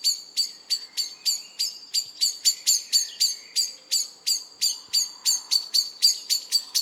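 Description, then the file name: Common blackbird calls: sharp, metallic clicking notes repeated rapidly, about four per second, in a steady unbroken series throughout. "Turdus merula"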